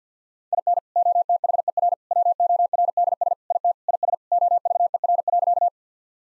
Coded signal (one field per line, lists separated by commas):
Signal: Morse code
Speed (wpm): 50 wpm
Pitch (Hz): 700 Hz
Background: none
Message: IN OTHER WORDS IT IS OVER.